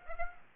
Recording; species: mosquito wingbeat signal from an infrared sensor; Aedes aegypti